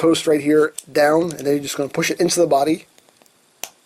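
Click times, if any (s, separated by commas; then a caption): 3.6 s. Someone talks while bringing the small post on the arm of a transforming turtle action figure down and pushing it into the plastic body. A few faint ticks follow, then a sharp snap at 3.6 s as the arm post clicks into place in the body, seated.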